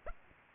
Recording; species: mosquito wingbeat signal from an infrared sensor; Aedes aegypti